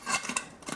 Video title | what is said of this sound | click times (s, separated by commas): Stop Searching for an UL Pot - The Fire Maple Petrel G3 UL Pot! | pops right in | 0.4 s